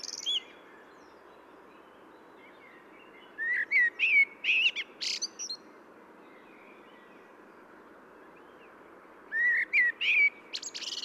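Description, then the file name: Common blackbird song: the tail of one phrase, then two warbled phrases of mellow fluty notes running into high squeaky twitters, separated by a quiet gap with a steady soft hiss. "Turdus merula"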